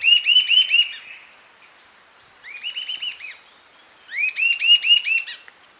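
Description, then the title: Sibilant sirystes giving three quick bursts of repeated arched whistled notes, separated by short pauses. Subspecies sibilator assumed from location. "LuckyPassaro Completos2Sama. Sibilant Sirystes (Sirystes sibilator sibilator (ssp assumed from location))"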